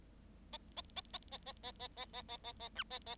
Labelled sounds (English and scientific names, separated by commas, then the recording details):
Bengalese Finch (Lonchura striata domestica) song
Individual Bird7